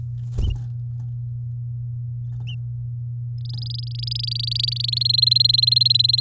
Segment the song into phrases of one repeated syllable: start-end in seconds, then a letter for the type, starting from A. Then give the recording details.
3.45-4.99 A, 5.00-6.20 B. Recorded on 9 May 2018 at 10:14. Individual llb16